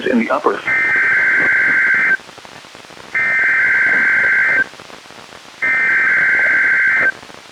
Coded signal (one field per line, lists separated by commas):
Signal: Emergency Alert System (SAME) tones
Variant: header bursts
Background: speech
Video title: EAS #905: NWR Required Weekly Test- Jan. 17, 2024- 12:00PM PST